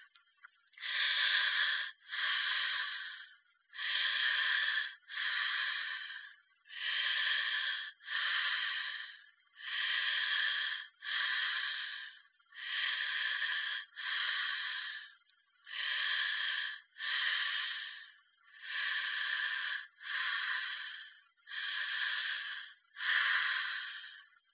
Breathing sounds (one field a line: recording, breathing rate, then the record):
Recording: paced breathing near a phone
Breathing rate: 20 breaths a minute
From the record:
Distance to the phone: 20 cm